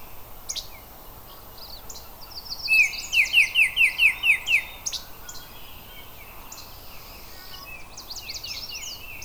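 Oriole chattering, one fast run of several raspy notes midway, with high chipping notes around it.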